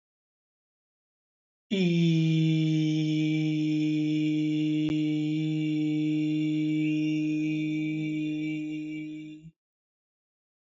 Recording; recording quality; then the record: sustained vowel as in beet; excellent, no background noise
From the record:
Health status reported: healthy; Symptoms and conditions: diabetes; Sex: male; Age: 39 years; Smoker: not ticked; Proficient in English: yes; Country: India